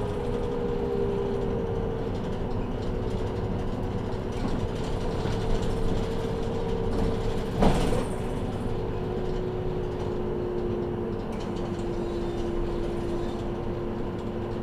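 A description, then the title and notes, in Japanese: A Saihi bus rides along with a steady engine rumble and a constant whining tone, broken by one sharp clack near eight seconds. 西肥バス 弓張岳展望台→佐世保駅。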